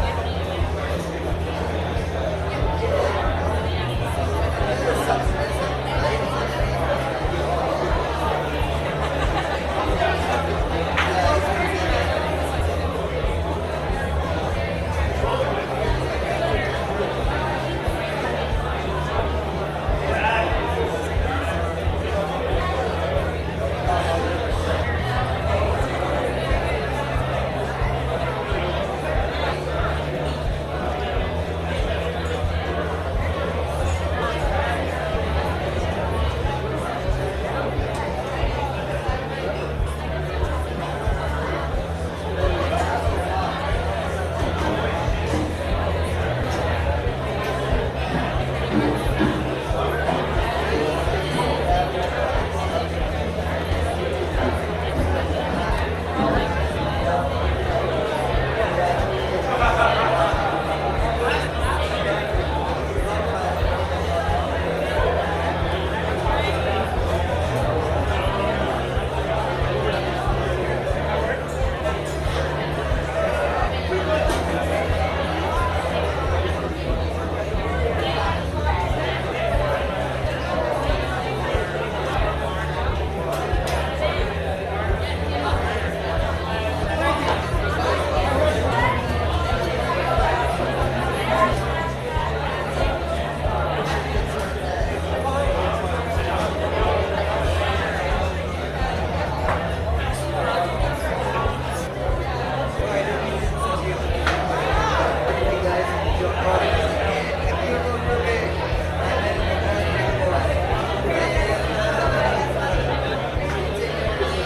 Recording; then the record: background sound without coughing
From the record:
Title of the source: CITY SOUNDS Busy Bar in the Evening Night - 2 HOURS of Ambiance for Relaxation